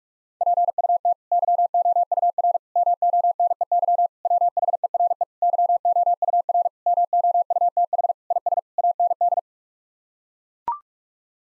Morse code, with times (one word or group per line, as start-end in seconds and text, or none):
0.4-1.1 PUT
1.3-2.6 YOUR
2.8-4.1 MONEY
4.3-5.2 WHERE
5.4-6.7 YOUR
6.9-8.1 MOUTH
8.3-8.6 IS
8.8-9.4 AND